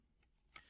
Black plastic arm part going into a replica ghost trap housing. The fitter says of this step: force that in until it clicks